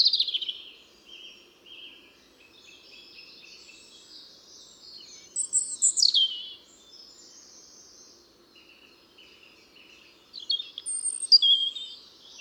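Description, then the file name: European robin song, high thin warbled phrases, softer in between, with louder bursts at the start, near the middle and near the end. "Erithacus rubecula"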